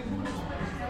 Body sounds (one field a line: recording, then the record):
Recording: background sound without coughing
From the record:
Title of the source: 60 minutes of coffee shop sounds for study and concentration